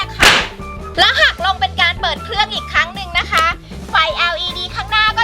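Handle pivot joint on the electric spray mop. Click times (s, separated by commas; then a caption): 0.2 s. For first use, the handle pivot joint on an alectric cordless electric spray mop is pulled all the way up until it clicks at 0.2 s, then folded down to switch the mop on. A sharp, loud click sounds at 0.2 s as the joint seats, followed by someone talking.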